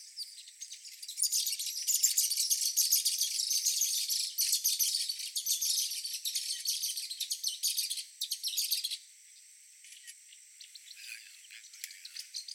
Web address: cantos martinpio